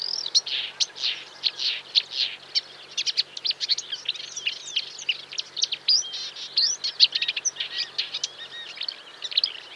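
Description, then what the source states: Bird song: rapid high chirps, buzzy trills and brief whistled slurs packed closely together with no quiet gaps. Recorded in a marsh.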